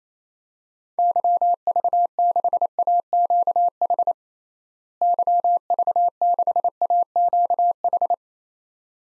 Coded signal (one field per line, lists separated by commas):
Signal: Morse code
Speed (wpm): 28 wpm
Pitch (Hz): 700 Hz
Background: none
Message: YV6AQH YV6AQH